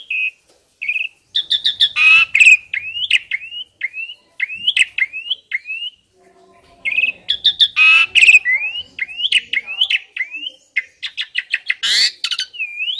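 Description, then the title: Asian pied starling song of quick rising whistled notes repeated rapidly, broken by harsh bursts and short buzzy phrases. Training audio (masteran) for caged songbirds that sing too little or are sluggish. "Masteran Jalak Suren AMPUH Dan EFEKTIF Atasi Burung KURANG GACOR Dan LOYO"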